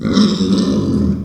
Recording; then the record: squeal of a Yucatan mini pig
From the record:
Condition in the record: after surgery on the right vocal fold (resection and tissue-engineered implant); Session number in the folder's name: 13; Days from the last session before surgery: 113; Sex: female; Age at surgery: 19 weeks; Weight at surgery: 25 kg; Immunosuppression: prednisolone